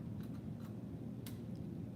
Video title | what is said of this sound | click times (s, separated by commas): Special Operations Equipment (SOE) is live! | Hear the click? Okay, come here, let me show you. | 1.3 s